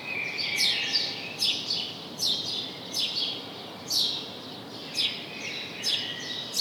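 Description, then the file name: House sparrow with repeated chirps at an uneven pace, some doubled, over steady background noise. "Passer domesticus"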